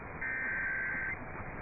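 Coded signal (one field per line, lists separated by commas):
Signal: Emergency Alert System (SAME) tones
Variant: header bursts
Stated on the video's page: Required monthly and weekly test EAS tones, received on an HDR14 receiver with the station on HD.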